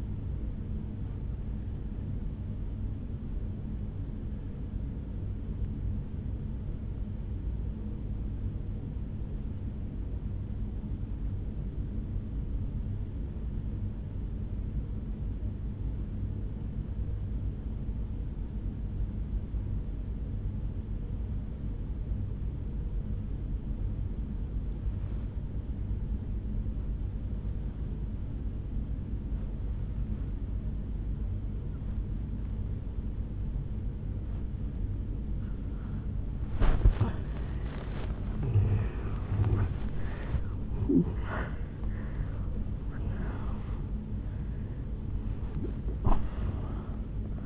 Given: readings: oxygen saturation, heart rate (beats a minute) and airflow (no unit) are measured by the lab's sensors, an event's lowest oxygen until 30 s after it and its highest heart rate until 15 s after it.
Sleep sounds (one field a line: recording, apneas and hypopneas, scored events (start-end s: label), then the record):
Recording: breathing in sleep by a smartphone at the bedside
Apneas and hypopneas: 1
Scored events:
5.00-38.00 s: obstructive apnea (N2, oxygen 97% highest, then 81% lowest, heart rate 62 at the start, 81 highest)
33.00-47.45 s: new sleep stage, N1 (lightest sleep)
From the record:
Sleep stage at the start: N2 (light sleep)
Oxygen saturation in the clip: 83 to 97%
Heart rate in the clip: 56 to 81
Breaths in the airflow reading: 5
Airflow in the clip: -13.1 to 8.1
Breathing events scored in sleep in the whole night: 449 in 7.0 hours asleep